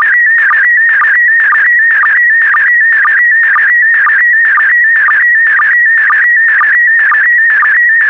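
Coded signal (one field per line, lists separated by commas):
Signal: SSTV (slow-scan television)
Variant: PD120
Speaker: Five, four, three, two, one. Thank you. Transmission complete. You can now check your decoded image against the picture that is shown on the video.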